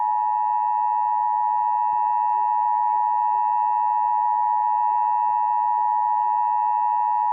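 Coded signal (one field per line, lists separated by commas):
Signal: Emergency Alert System (SAME) tones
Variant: 853 and 960 Hz attention tone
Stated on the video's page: Weekly and monthly EAS tests.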